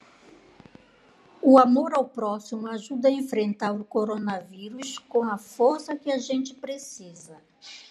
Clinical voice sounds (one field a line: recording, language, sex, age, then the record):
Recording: spoken sentence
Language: Brazilian Portuguese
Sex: female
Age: 60 to 69 years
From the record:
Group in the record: control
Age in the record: 66 years